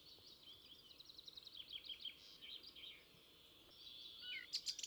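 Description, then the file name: Eurasian blackcap song: a rapid, varied warble of chattering and twittering notes, with brighter high notes at the close, over a soft background hiss. "Sylvia atricapilla"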